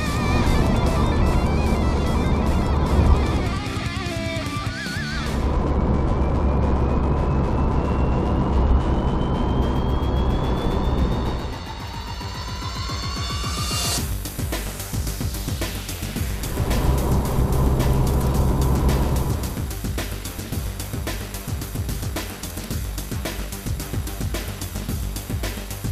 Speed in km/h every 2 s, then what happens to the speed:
95, 95, 93, 90, 86, 83, 81, 81, 84, 87, 88, 88, 89.
0-11 slows to 81. 11-26 steady at about 87.